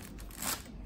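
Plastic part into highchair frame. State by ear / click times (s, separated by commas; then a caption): not seated / none. A plastic part of a Graco Slim Snacker fast folding highchair is handled and pushed toward the highchair frame, with soft scraping and crinkly handling noise and a louder broadband burst around 0.4 s. The part has not snapped in or seated yet when the clip ends.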